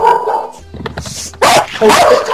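A dog lets out a short, high whine, then two loud, harsh barks in quick succession, with no one talking over them.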